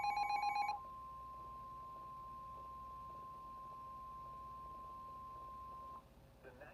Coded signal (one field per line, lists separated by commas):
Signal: Emergency Alert System (SAME) tones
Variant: 1050 Hz attention tone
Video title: EAS Alerts From 6/29/24 (EAS #2631-2670)